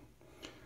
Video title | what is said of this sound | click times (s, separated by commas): Pofung BF 9500 Radio to Argent ADS-SR1 Interface Cable Hookup | you hear it click you | 0.4 s